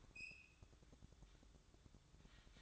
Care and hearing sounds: daily activity, microphone in the room; open fridge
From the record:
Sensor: 3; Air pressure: 1007.7 hPa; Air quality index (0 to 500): 68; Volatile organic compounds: 1 ppm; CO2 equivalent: 636 ppm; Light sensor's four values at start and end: 13/30/13/13 and 13/30/13/13

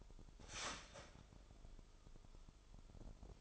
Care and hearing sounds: daily activity, microphone in the room; start toaster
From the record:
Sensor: 5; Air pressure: 988.6 hPa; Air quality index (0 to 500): 225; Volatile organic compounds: 149 ppm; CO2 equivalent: 4017 ppm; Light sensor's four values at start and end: 40/125/48/52 and 40/125/48/52

